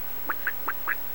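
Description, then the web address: Duck quacking, four short nasal quacks in rapid succession within about a second. "Television City Set 7264 duck"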